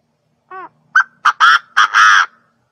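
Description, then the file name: Partridge call phrase: a soft harmonic note, then a sharp clipped note and several loud, harsh, rasping calls, the last one longest, in a quiet background. Male partridge from Thailand. "tieng ga go trong thai lan"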